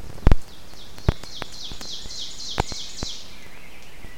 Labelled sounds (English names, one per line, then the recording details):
Ovenbird song
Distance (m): 45 m
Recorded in boreal forest in Alberta, Canada, on 6 June 2016 at 08:52
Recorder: SongMeter 3, array SBT-3-51
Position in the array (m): 242 m, 149 m
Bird 28